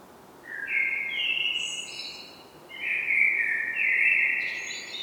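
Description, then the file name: Common blackbird song with a rising series of clear whistled notes, then a second phrase of drawn-out whistles ending in higher notes. "Turdus merula"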